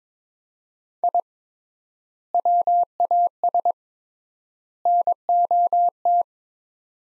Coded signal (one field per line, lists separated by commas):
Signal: Morse code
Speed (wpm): 22 wpm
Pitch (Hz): 700 Hz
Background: none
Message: I WAS NOT